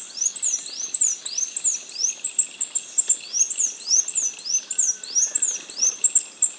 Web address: Natures Songs S America Birds of Ecuador Capped Conebill